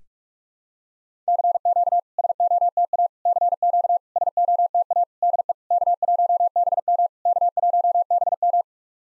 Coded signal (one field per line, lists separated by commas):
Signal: Morse code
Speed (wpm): 48 wpm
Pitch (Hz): 700 Hz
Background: none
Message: CQ SOTA CQ SOTA DE K1BM K1BM